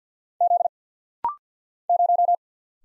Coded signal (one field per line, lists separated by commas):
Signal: Morse code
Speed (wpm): 50 wpm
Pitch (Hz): 700 Hz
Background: none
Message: Z 0